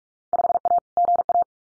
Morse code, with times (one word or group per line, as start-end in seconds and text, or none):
0.3-0.8 5A
1.0-1.4 GA